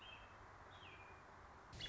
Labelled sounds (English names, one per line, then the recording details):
American Robin
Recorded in Sonoma County, California